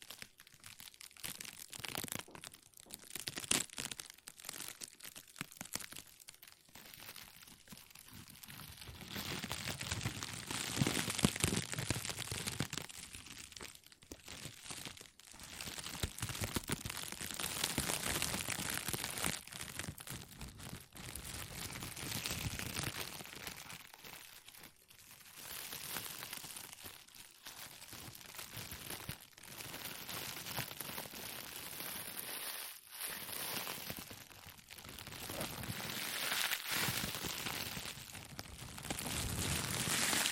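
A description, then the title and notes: Plastic crinkling, a dense, irregular crackle of many small crisp snaps that runs for the whole length. The handling comes in bursts, fuller and brighter around ten to fifteen seconds and again near thirty-five, separated by brief near-silent gaps. ASMR Plastic Crinkle No Talking.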